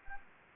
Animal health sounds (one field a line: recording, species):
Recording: mosquito wingbeat signal from an infrared sensor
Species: Anopheles gambiae